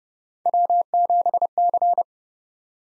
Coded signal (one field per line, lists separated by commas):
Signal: Morse code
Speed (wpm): 30 wpm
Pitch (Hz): 700 Hz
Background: none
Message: W7C